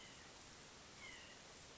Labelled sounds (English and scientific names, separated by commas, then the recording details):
White-breasted Nuthatch (Sitta carolinensis)
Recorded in Sonoma County, California